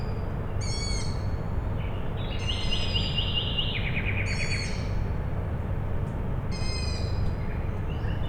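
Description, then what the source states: Owl chicks give high, nasal squeals roughly every two seconds, with a rattling trill between them over constant low mechanical humming. Owl chicks calling at night, Tuesday 21 May 2019, Michałkowice, Siemianowice Śląskie, Poland; industrial plant in background; Zoom H5 with Audio-Technica BP4025.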